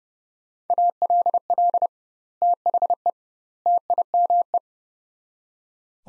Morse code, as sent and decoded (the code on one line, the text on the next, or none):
.- .-.. .-.. / - .... . / - .. -- .
ALL THE TIME